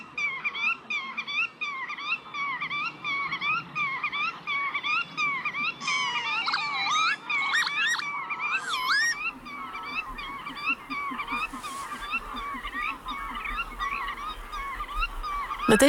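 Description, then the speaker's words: Black-tailed godwit: nasal repeated calls run throughout, with a burst of rising calls midway, then continue over a faint low rumble. Netherlands' national bird since 2015, chosen by many Dutch people; the species is said to be doing poorly. "Ja, sinds 2015 is het de grutto, is het wat je hoorde."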